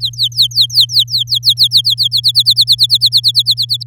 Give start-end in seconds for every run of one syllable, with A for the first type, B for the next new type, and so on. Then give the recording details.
0.00-1.94 A, 1.97-3.83 B. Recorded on 11 May 2018 at 06:23. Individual llb16